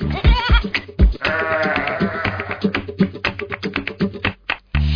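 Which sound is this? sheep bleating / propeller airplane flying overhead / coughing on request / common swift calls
sheep bleating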